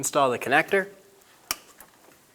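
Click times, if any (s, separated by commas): 1.5 s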